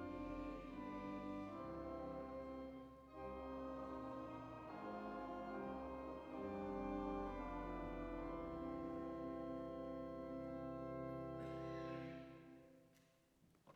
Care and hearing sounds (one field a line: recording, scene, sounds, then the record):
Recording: everyday scene through a hearing-aid microphone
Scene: reverberant space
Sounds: music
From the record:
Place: church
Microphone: behind the ear, right, front